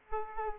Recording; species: mosquito wingbeat signal from an infrared sensor; Aedes aegypti